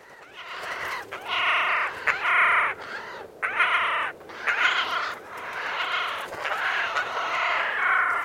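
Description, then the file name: Eurasian jay giving harsh, rasping screeches in a long run of several bursts, each hoarse and broad, with short gaps between them. "Garrulus glandarius"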